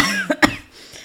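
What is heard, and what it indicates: Two quick, dry cough bursts right after speech from an adult woman with a hoarse voice: a lingering post-viral cough after a cold that dragged on for two weeks, with constant coughing that is worse at night, in airways weakened by past bouts of bronchitis.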